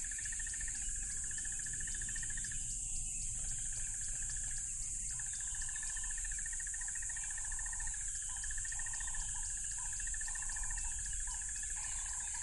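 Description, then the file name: Crickets keep a continuous high trill and a rhythmic pulsing buzz, which stops briefly, while softer lower buzzing swells come and go. Loud crickets by a tropical river. "smartsound ATMO NATURE Tropical River Loud Crickets"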